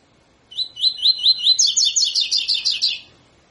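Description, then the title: Double-collared seedeater delivering a clear song phrase: several rising slurred notes followed by a rapid, high, buzzy trill, then silence. Tutor song in the 'tui tui' style, used for training birds to sing. "COLEIRO TUI TUI FIBRA CANTO PROFESSOR"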